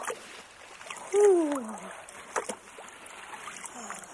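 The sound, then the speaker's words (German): Water sloshes and splashes in short bursts as someone steps into cold water and pulls an object toward them with a foot, with one sharper splash midway, while a voice lets out a falling, drawn-out groan early on. “Herrschaft, zeig mir, ist das Wasser kalt.”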